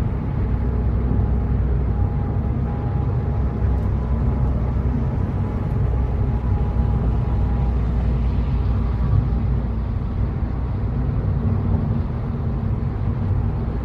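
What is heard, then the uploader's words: A car drives down the highway at night with a steady, heavy low rumble, a faint thin whine running through it, and no sharp breaks. Late Night Drive On The Highway. The other cars whizz.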